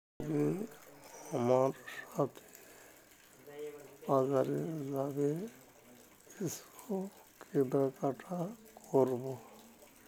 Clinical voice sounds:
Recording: elicited speech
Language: Bengali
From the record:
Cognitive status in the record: dementia

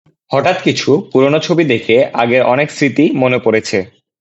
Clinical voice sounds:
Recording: elicited speech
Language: Bengali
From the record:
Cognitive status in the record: cognitively healthy

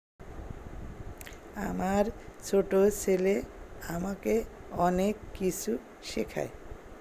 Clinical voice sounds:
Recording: elicited speech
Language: Bengali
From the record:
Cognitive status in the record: dementia

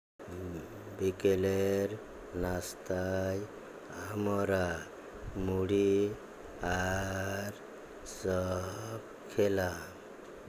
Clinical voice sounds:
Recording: elicited speech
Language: Bengali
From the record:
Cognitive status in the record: dementia

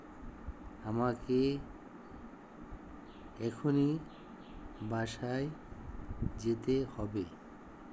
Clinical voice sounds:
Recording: elicited speech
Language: Bengali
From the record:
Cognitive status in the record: dementia

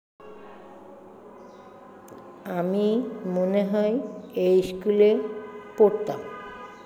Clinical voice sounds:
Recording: elicited speech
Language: Bengali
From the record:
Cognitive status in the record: dementia

